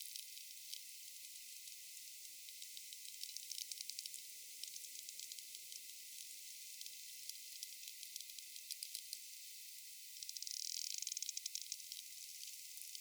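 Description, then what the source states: Sperm whale producing rapid trains of crisp clicks, now sparse, now dense, with a loud, fast buzz-like run of clicks late. Rapid clicks and a coda.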